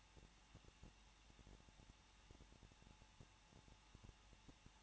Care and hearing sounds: daily activity, microphone in the room; no activity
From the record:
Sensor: 1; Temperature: 20.1 degrees Celsius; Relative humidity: 39.2%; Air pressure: 1006.3 hPa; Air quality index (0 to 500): 218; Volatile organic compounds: 78 ppm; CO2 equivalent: 3588 ppm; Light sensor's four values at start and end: 1/2/1/1 and 1/2/1/1

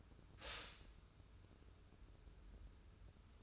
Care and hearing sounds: daily activity, microphone in the room; stop toaster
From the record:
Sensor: 2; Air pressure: 994.3 hPa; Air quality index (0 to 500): 202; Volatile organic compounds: 1000 ppm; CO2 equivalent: 6648 ppm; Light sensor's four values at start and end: 129/307/130/135 and 130/308/130/135

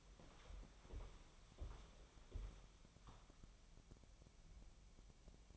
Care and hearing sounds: daily activity, microphone in the room; walk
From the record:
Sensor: 1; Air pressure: 1015.4 hPa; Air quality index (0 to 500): 124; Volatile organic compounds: 5 ppm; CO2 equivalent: 1711 ppm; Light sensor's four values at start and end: 15/37/15/17 and 15/35/15/16

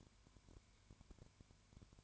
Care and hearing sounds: daily activity, microphone in the room; no activity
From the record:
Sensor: 2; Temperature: 20.0 degrees Celsius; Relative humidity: 32.1%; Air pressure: 1001.1 hPa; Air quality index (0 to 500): 55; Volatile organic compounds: 1 ppm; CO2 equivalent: 603 ppm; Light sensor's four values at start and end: 2/3/2/2 and 2/3/2/2

